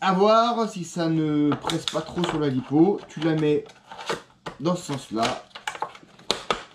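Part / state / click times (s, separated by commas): LiPo battery retainer in an RC truck battery bay / seated / 6.3 s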